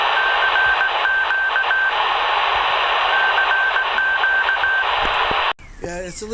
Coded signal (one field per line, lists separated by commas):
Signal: Morse code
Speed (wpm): 18 wpm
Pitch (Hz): 1550 Hz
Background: speech, radio noise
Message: CQ CQ